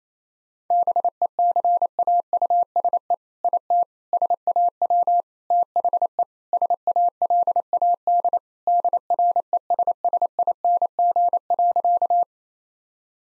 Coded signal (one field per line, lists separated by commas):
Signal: Morse code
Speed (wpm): 28 wpm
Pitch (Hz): 700 Hz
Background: none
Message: BECAUSE IT SAW THE SALAD DRESSING.